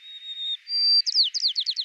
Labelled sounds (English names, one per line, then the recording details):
White-crowned Sparrow song
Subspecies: nuttalli
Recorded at Battery East, California, in 2013
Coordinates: 37.808, -122.473
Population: north
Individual beG_13